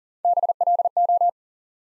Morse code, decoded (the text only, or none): BLO